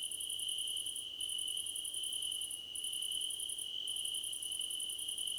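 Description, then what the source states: Crickets in full chorus, a steady piercing trill under long bursts of rapid very high pulses interrupted by three short breaks. Many crickets calling together, described as a choir competition.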